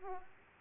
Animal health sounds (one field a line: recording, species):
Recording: mosquito wingbeat signal from an infrared sensor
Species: Aedes aegypti